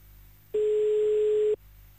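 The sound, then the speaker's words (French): A single steady telephone line tone, heard while calling someone back, a flat mid-pitched hum lasting about a second, comes in loud and cuts off abruptly against a faint line hiss. No one speaks. “Bon, on va la rappeler, elle avait l'air tellement charmante.”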